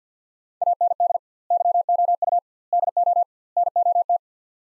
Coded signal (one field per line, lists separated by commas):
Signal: Morse code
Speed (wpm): 50 wpm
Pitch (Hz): 700 Hz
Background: none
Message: AND YOU DO NOT